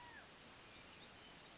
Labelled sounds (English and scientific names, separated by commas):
California Quail (Callipepla californica)